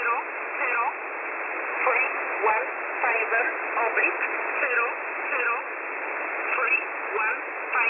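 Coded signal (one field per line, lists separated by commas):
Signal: numbers station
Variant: E11 Oblique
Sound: short, evenly paced spoken words buried in heavy shortwave hiss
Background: radio static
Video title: E11 Oblique 15/12/2022 1300 UTC 4909kHz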